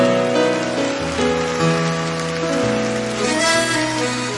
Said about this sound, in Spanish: aplauso para … en el piano. Y ahí va.